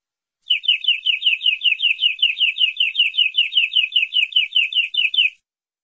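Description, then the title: Canary song as a steady series of slurred, chirping high notes, rapidly repeated for roughly five seconds. "Suara Kenari"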